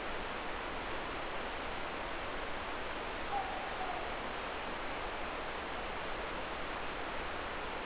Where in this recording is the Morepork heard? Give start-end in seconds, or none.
3.22-4.17